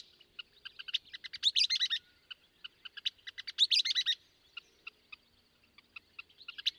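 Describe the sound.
Western kingbird calling: two loud bursts of squeaky, chattering notes preceded by sharp ticks, then sparse scattered clicks.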